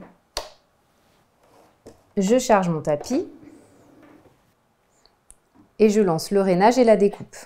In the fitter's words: je fais bien attention de l'enfoncer jusqu'à la flèche je vais entendre un clic